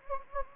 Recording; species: mosquito wingbeat signal from an infrared sensor; Anopheles gambiae